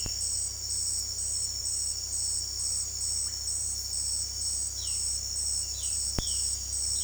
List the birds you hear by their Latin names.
Cyanocorax violaceus